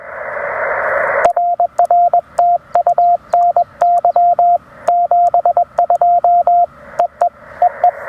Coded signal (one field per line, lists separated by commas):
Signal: Morse code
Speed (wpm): 20 wpm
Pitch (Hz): 700 Hz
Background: radio noise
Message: RR TU NY 72 EE EE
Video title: First Activation with the Radioddity HF-009 Portable Vertical Antenna: How Well Does It Work?